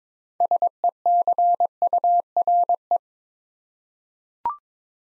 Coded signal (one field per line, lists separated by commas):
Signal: Morse code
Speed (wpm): 21 wpm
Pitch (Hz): 700 Hz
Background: none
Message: SECURE